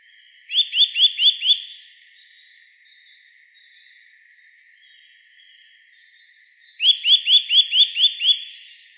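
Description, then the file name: Eurasian nuthatch with two bursts of rapid rising notes, five then seven, separated by about five seconds of quiet hiss. "Sitta europaea"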